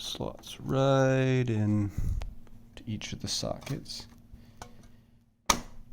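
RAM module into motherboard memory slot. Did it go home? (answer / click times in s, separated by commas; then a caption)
yes / 5.5 s. Someone talks while a RAM stick is pressed down into its motherboard memory slot. A loud, sharp click at 5.5 s marks the module seating in the socket.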